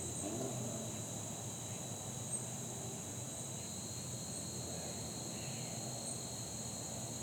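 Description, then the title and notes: Steady high insect drone holding two even pitches throughout, over a soft low rumble. Fall day that felt like late summer, insects droning. "Soundcast: Insects and Acorns. Recorded on a fall day that felt more like late summer, down to the insects droning like the heat"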